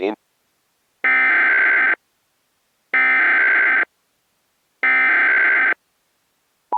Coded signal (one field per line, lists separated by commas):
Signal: Emergency Alert System (SAME) tones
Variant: header bursts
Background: speech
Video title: The Day After Tomorrow (EAS Scenario)